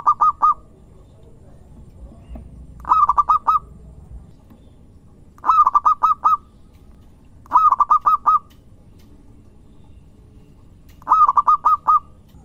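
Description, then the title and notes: Zebra dove song: five short bursts of four or five quick, clipped cooing notes, separated by pauses of a few seconds over a quiet background. Lure recording of a zebra dove singing actively (gacor). "Pancingan Perkutut Durasi Panjang. Suara Burung Perkutut Gacor"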